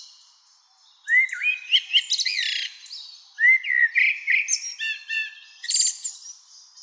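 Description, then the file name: Common blackbird song: two flowing whistled phrases, each rising into a bright, scratchy high twitter, after a second of near silence. "Turdus merula"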